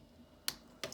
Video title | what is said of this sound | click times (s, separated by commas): Transform Mission Revolt {- Dragstrip -} | Boom. snap. Not snap, but like snap as in the secure snap, not snappers in brake. | 0.5 s